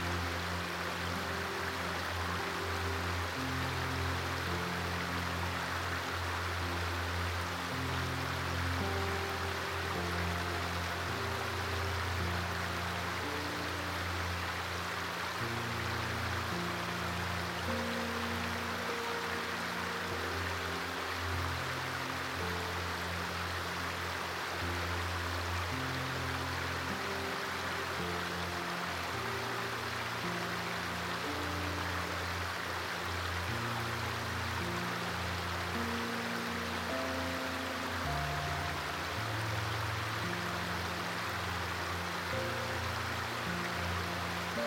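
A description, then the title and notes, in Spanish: Soft ocean waves blend with gentle, relaxing music. The water makes a steady, dense wash with no distinct breakers, while low sustained tones and slowly shifting mid-range notes carry the melody at an even, unchanging loudness throughout. OLAS DEL OCÉANO y SINFONÍA. Suave arrullo de las olas del océano, armoniosamente entrelazado con música relajante.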